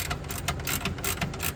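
On a Gen2 Toyota Prius HV battery pack being rebuilt, the end cells are lifted and the four tabs of the hybrid battery module holder are slid under the bottom of the cells, then pushed into the battery pack frame. Amid broadband handling noise, a sharp click at 0.5 s marks the tabs seating in place, followed by a softer transient at 0.9 s.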